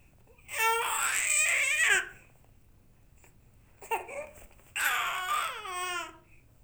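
Three bursts of infant crying: the first and last about 1.5 seconds long, with a short burst between them. A high-pitched tonal wail falls in pitch at the end of each cry. It sounds like an ordinary baby cry in a small room.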